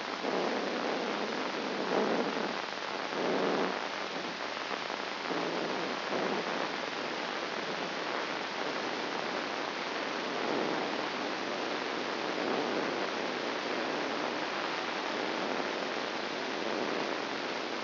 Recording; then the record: brain microelectrode recording played as sound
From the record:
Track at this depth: inside the subthalamic nucleus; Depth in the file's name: 2.503 mm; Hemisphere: left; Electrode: 2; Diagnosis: Parkinson's disease